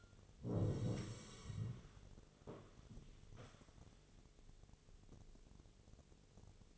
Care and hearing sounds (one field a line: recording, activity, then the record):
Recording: daily activity, microphone in the room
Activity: sit down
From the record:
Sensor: 4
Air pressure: 1001.2 hPa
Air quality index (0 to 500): 182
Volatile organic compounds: 2 ppm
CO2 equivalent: 1299 ppm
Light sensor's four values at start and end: 13/30/12/12 and 13/30/12/12